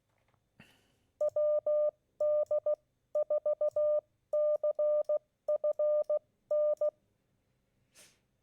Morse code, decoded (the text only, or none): WD4CFN